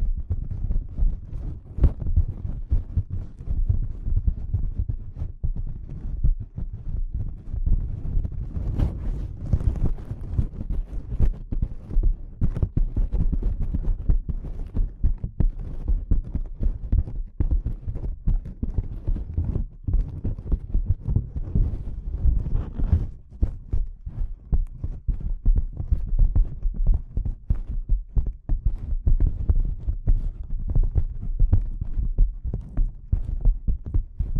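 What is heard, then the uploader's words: Delicate tapping runs steadily throughout, soft dense taps with a deep thudding low end and faint brighter clicks scattered across it. ASMR Delicate Tapping (No Talking).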